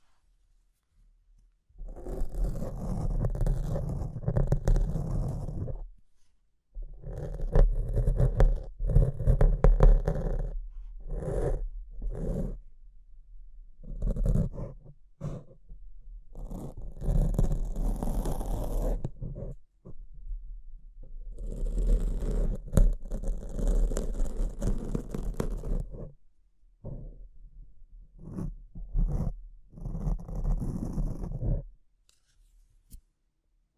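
Mic scratching comes in dense rough bursts of several seconds, low and gritty with scratchy highs, separated by short silent gaps throughout.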